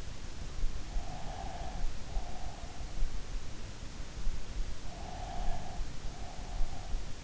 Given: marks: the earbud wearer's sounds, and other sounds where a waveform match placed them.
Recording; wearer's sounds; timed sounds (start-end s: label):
sounds in sleep by an in-ear microphone; breath
0.92-2.80 s: breath
4.93-7.06 s: breath